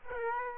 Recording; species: mosquito wingbeat signal from an infrared sensor; Aedes aegypti